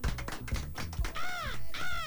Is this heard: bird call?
yes